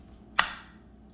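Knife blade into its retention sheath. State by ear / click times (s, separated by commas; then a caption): seated / 0.4 s. An Esse 3 fixed-blade knife is pushed into its molded retention sheath and locks in with one sharp, bright click at 0.4 s, which rings out briefly before fading into a quiet background. The blade is seated in the sheath.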